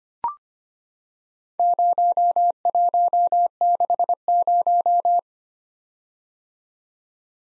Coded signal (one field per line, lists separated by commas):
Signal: Morse code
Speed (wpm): 25 wpm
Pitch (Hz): 700 Hz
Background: none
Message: 0160